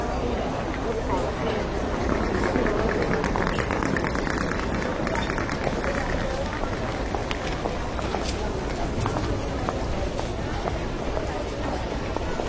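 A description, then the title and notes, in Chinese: Steady airport waiting-hall ambience: a dense, continuous murmur of overlapping voices with footsteps and occasional sharp clicks, never letting up. 机场候机大厅环境音。上海浦东国际机场候机室氛围声音。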